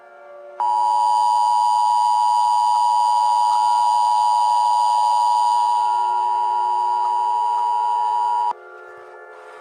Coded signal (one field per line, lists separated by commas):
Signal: Emergency Alert System (SAME) tones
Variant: 853 and 960 Hz attention tone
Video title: The Davli Planet Final Part (EAS Scenario) Fanmade @SolarBalls And @overdrivejared